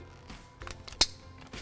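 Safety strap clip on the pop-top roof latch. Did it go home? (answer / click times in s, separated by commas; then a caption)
yes / 1.0 s. A safety strap clip is attached to the closed pop-top roof latch of a 2021 Winnebago Solis motorhome. A few small clicks lead into one loud, sharp snap at 1.0 s as the clip seats.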